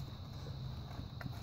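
A rubber seal on the valve cover of a 2001-2007 Toyota Sequoia is pressed into its seat over a steady low background hum. It pops into place with a single soft click at 1.2 s, and the seal is seated.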